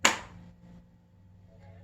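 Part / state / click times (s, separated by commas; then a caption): hand vacuum motor unit onto its dust cup / seated / 0.1 s. A ReadiVac Storm RH2000 wet/dry hand vac's motor unit, its white bar set into the plastic dust cup's rectangular opening as a hinge, is pushed forward onto the cup. A sharp, loud click-hit comes at 0.05 s and fades into a low hum. The motor unit clicks and seats onto the dust cup.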